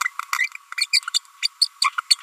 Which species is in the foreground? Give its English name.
Green-rumped Parrotlet